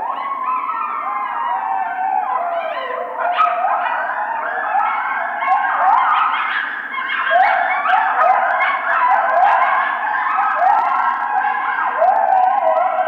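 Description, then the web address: Coyotes howling in chorus, overlapping wavering howls mixed with high yips and sliding barks, rising and falling continuously throughout. Howling; recorded 1 February 2010. "Coyote 2010 02 01 howl"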